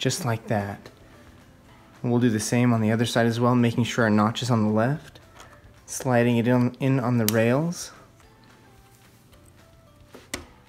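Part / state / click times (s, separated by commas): memory stick into iMac RAM slot / seated / 10.3 s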